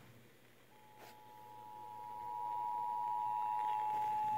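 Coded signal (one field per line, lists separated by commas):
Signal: Emergency Alert System (SAME) tones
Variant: 853 and 960 Hz attention tone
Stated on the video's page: PDS Tornado Warning recorded off FM broadcast station WJGA.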